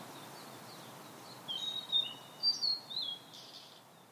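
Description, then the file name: Blue-and-white flycatcher song, a phrase of high whistled notes rising and falling, ending in a harsher buzzy note, after faint soft chirps at the start. "oruri"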